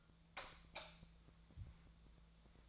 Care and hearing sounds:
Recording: daily activity, microphone in the room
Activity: light off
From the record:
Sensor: 3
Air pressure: 1000.0 hPa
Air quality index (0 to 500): 124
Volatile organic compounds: 2 ppm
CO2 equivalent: 1110 ppm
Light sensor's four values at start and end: 43/112/47/51 and 40/102/44/48

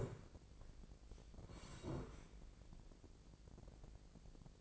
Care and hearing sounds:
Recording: daily activity, microphone in the room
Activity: sit down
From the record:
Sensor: 5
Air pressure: 1012.4 hPa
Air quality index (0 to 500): 155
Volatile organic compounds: 2 ppm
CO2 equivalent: 1065 ppm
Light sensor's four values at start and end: 272/649/278/309 and 272/649/278/309

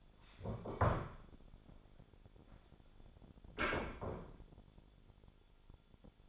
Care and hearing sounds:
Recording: daily activity, microphone in the room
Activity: stand up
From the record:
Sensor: 5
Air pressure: 1015.4 hPa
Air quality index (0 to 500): 184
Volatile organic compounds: 7 ppm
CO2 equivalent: 1994 ppm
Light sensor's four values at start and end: 36/81/33/32 and 36/81/33/31

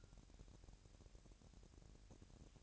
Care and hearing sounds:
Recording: daily activity, microphone in the room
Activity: take from stove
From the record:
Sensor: 2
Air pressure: 1011.9 hPa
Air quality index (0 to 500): 195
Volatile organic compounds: 3 ppm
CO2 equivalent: 1387 ppm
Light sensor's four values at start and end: 75/178/74/72 and 75/178/74/72

